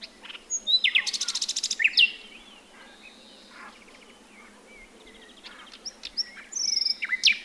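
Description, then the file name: Common nightingale song with a loud rapid series of clipped repeated notes, a pause filled by soft scattered whistles, then another energetic burst. "Luscinia megarhynchos"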